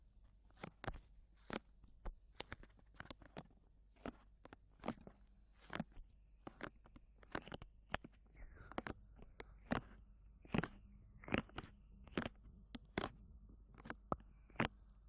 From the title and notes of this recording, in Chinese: 耳朵按摩特輯，無人聲。